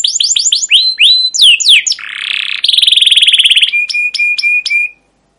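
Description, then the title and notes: Canary song: quick rising and falling chirps, then a dense buzzy roll, a fast trill and evenly spaced clicking notes before the song stops. Long emotive chirping 'ngerol' canary song with 'cuit cuit' notes, used as a lure and master recording for young canaries learning to sing. "CUIT CUIT NGEROL LANGSUNG GACOR PANJANG Kenari Ini Utk Pancingan KENAR. PANCINGAN Kenari GACOR PANJANG Cuit CUIT EMOSI ini utk MASTERAN Kenari PAUD belajar BUNYI. burung kenari"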